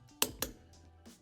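A click-type torque wrench set to 110 ft-lb is pushed down on an RV trailer wheel lug nut until it breaks over. Two sharp clicks sound at 0.2 s and 0.4 s, with faint softer noises around them. The wrench reaches its setting and the lug nut is confirmed tightened to torque.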